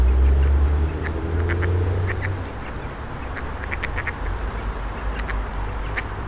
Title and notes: Kaczki i gołębie na Promenadzie Staromiejskiej cz.2 Lokalizacja: Stare Miasto Czas: 16.00. Opis: Kaczki i gołębie karmione przez przechodniów. Odgłosy przejeżdżających samochodów i autobusów. Autor nagrania: Bartosz Grzyb